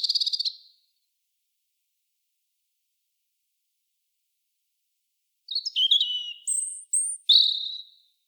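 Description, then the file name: European robin: a clipped end of a high trill, a long pause, then a fresh phrase of thin, wavering whistles and sliding notes. "Erithacus rubecula"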